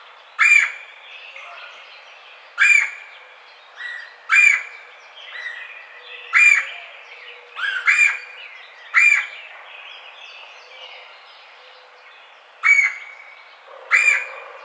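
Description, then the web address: Red-bellied woodpecker giving loud rolling churr notes at uneven intervals, other faint bird calls in the background. Recorded 4 May 2009. "Red-bellied Woodpecker 2009 05 04"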